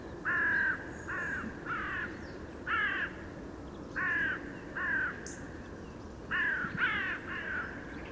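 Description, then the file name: Carrion crow calling a run of several harsh, grating caws in short uneven bursts, with a faint high chirp from another bird. "Corvus corone"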